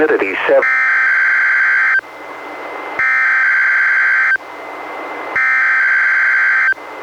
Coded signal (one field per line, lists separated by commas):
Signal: Emergency Alert System (SAME) tones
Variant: header bursts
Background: speech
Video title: EAS #307-310: 4 NWR Required Weekly Tests- May 22-June 12, 2019